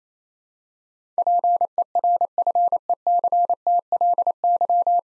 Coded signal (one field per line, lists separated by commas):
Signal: Morse code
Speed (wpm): 28 wpm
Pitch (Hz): 700 Hz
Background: none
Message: PERFECTLY